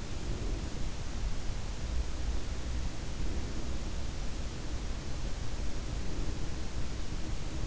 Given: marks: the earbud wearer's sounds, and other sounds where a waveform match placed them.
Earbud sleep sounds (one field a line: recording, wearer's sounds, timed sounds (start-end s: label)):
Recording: sounds in sleep by an in-ear microphone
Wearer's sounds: breath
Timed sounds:
0.00-1.03 s: breath
2.96-3.96 s: breath
6.00-6.93 s: breath